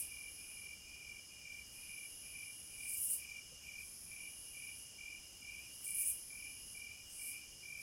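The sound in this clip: Cicadas singing, a steady high hiss with a lower pulsing buzz beneath and two louder surges about three seconds apart.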